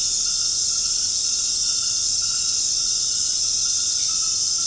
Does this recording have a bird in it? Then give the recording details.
no. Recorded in secondary vegetation near Puerto Asís, Putumayo, Colombia, on 13 March 2025 at 20:00. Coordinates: 0.502, -76.326. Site G100